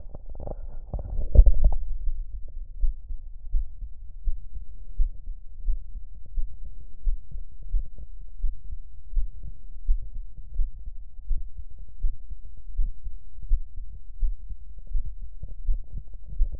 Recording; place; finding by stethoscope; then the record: heart sounds by stethoscope; aortic valve (AV); normal heart sounds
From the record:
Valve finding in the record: normal valve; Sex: female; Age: 43 years